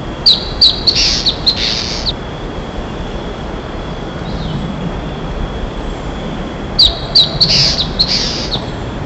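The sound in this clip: Bird giving harsh, high chirps in two short bursts, one at the start and one near the end, over a steady high-pitched hum.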